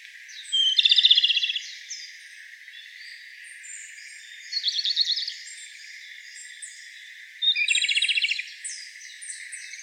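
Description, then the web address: Japanese robin singing three phrases, each a brief introductory note running into a rapid dry trill, a few seconds apart. Recorded 9 April 2013. "birdenaga komadori 130409"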